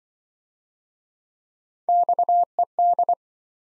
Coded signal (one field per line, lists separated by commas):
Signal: Morse code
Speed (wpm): 26 wpm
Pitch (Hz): 700 Hz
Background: none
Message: XED